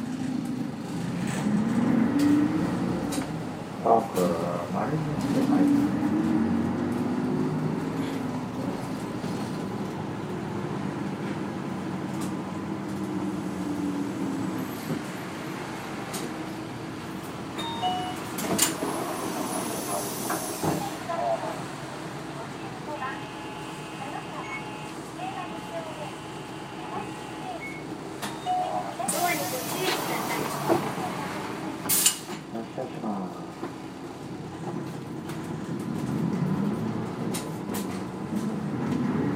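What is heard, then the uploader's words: A bus in Hakata rumbles along with a steady low engine drone that rises and falls as it changes speed. Voices murmur through the ride, and scattered knocks, rattles and a few sharp bright clicks or bursts stand out around 18, 20, 30 and 32 seconds. Bus hakata.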